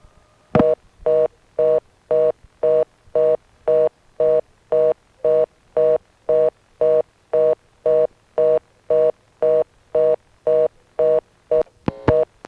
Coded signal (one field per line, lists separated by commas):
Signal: telephone call progress tone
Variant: North America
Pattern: reorder tone